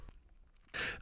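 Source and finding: Adult man. Cough.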